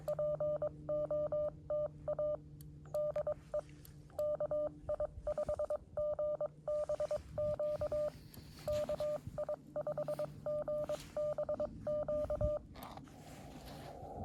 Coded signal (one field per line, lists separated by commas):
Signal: Morse code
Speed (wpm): 22 wpm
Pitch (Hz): 600 Hz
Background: none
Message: POTA DE KI5GBQ KI5GBQ